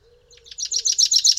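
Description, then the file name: Common chaffinch song opening: quiet notes build into a loud, evenly paced run of bright repeated notes that is cut off at the end. "Fringilla coelebs"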